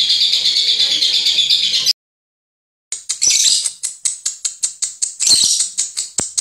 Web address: lovebird